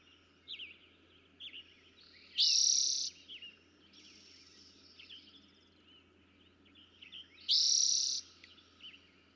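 Eastern towhee song: two loud buzzy trilled phrases about five seconds apart, with soft short whistled notes in between.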